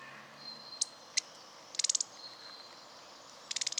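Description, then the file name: Eurasian nuthatch calls: two single sharp high notes, then two quick bursts of rapid, bright ticking notes, over a faint thin high whine. "Sitta europaea"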